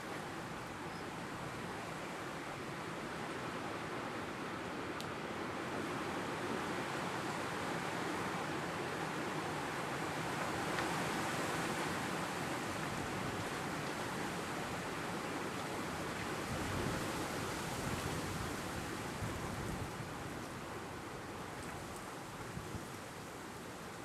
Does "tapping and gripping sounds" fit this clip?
no